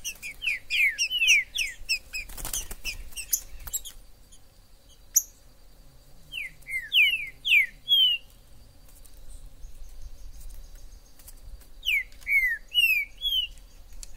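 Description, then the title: Green-winged saltator song phrases of slurred, descending whistles. A short burst of rustling noise comes early, and quieter pauses separate the phrases. Trinca-ferro in the forest, chirping, singing and acting male in a song dispute, described as a 'major' singer; meant to stir up a pet saltator. "Esse VÍDEO de TRINCA FERRO no MATO vai DEIXAR seu TRINCA LOUCO!! Trinca ferro MAJOR no MATO!!"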